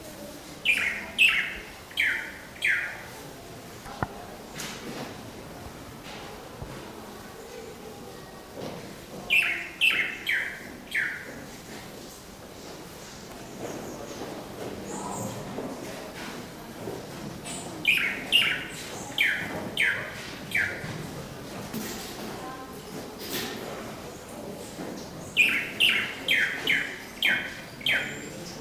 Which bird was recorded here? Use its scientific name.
Chiroxiphia caudata